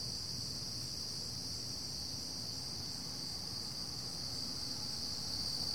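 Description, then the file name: Crickets in a dense, unbroken chorus, a steady high shimmering trill throughout. Recorded in the early morning at 4 AM, in summer, July 2012. "freesound Early Morning Summer Crickets 4 AMJuly 2012"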